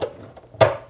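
The end socket of an inexpensive hood gas strut on a 2022 BRZ/GR86 is pressed onto the ball stud mount on the car's hood or body. A short tap at 0.0 s and faint ticks near 0.4 and 0.5 s come first. Then a loud, bright snap at 0.6 s rings out briefly as the socket snaps into place and is seated.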